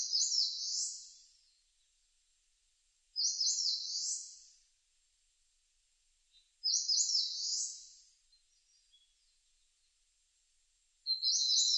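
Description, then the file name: Eastern crowned warbler singing a short high buzzy phrase of quick stacked notes, repeated every few seconds in quiet surroundings. Recorded 18 June 2006. "060618 sendaimusikui"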